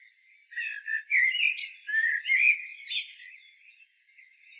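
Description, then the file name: Common blackbird song: a single melodious, warbled phrase of low whistles with sharp, high chattering notes mixed in toward the close. "Turdus merula"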